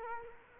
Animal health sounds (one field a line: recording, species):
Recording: mosquito wingbeat signal from an infrared sensor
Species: Culex quinquefasciatus